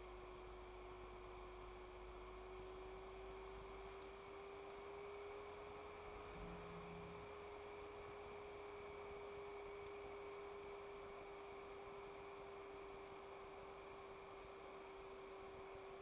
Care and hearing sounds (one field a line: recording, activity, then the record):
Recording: daily activity, microphone in the room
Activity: make coffee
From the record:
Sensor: 1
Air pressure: 1014.8 hPa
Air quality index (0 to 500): 189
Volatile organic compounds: 26 ppm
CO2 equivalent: 2855 ppm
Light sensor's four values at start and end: 4/10/3/3 and 4/10/3/3